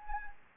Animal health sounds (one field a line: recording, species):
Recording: mosquito wingbeat signal from an infrared sensor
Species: Anopheles gambiae